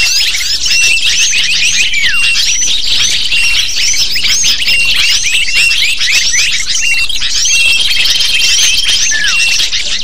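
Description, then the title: Many lovebirds calling together, with high, rapid chirps and falling squeaks running without a break. Lure used to attract lovebirds. "PIKAT BURUNG LOVEBIRD"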